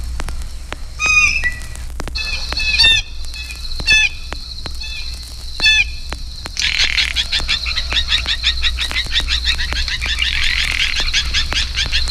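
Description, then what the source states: Blue Jay giving rough trilled notes at irregular intervals, then a dense, buzzy run of chatter filling the second half, with constant low hum and crackling clicks. Notes vary from raucous screams to soft conversational chatter.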